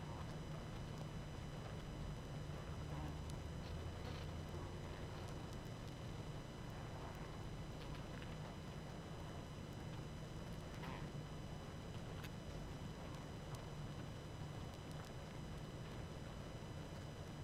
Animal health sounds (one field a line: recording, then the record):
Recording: honeybee colony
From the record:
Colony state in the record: active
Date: 12 June 2018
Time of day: 20:54